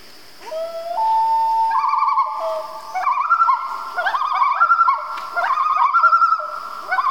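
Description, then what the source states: Common loon gives a brief rising wail, then wavering tremolo calls, quavering laughter-like notes repeated in bursts, with several loons overlapping. Family group of loons, described as Canadian.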